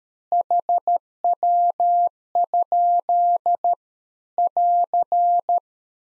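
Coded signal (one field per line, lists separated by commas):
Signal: Morse code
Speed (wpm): 13 wpm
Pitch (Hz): 700 Hz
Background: none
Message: HW? <AR>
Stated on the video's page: Practice CW QSO exchange for head-copy at 13 wpm; beginning segment.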